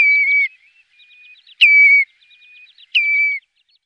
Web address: Faglar Sound Rodbena